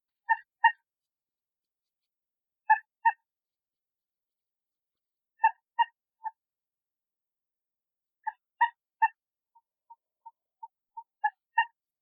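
Bird calls: short, clipped harmonic notes given in groups of two or three every two to three seconds, with a quick run of softer single notes near the end before a final louder pair, with silence between.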